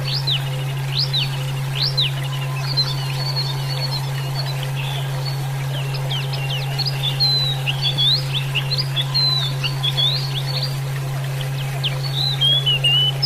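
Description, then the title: Oriental magpie-robin song, a dense, varied run of sweet whistles, slurred upsweeps and quick chirps with hardly a pause, over a steady low electrical hum. "Kicau Kacer"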